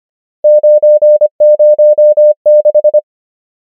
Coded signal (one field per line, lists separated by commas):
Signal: Morse code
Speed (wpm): 25 wpm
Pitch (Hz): 600 Hz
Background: none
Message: 9 0 6